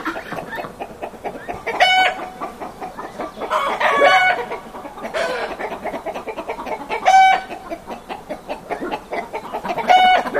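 Chickens clucking steadily, low chatter broken by four loud, ringing squawks spaced two to three seconds apart.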